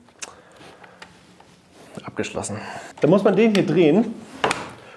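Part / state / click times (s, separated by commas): folding side panels locking into the cargo bike's load box / seated / 4.4 s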